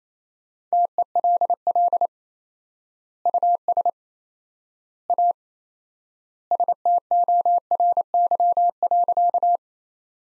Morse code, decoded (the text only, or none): TELL US A STORY.